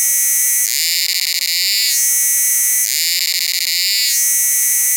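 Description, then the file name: Cicada call, an unbroken high-pitched buzz pulsing between two tone qualities in a regular alternation of roughly one-second phases. "Kearns Corrected Thesis DIGITAL APPENDIX H Cicada"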